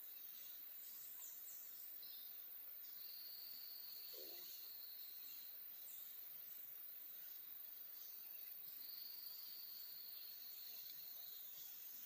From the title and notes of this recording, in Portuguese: Mata Atlântica-Floresta Tropical. FLORESTAS TROPICAIS DE ALTURA (NUBLADAS). As florestas nessas montanhas se chamam florestas nubladas.